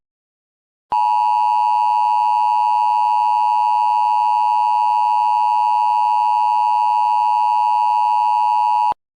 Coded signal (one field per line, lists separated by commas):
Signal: Emergency Alert System (SAME) tones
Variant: 853 and 960 Hz attention tone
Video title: EAS Scenario - Pixie and Brutus